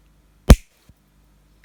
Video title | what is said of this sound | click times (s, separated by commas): Amazing Hallowen Decoration ( Rocky Horror Picture Show) | until you hear that click and then I'm going to be placing them onto the frame like that so | 0.5 s